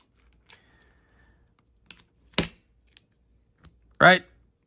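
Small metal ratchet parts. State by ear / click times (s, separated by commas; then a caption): not seated / none. A bit extension is handled at a mini ratchet's quick-release socket, making a few light ticks and knocks of handling, the loudest just before 2.5 seconds, while someone talks briefly near the end. The clip ends before the extension goes in, so nothing has seated or clicked yet.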